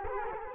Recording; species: mosquito wingbeat signal from an infrared sensor; Culex quinquefasciatus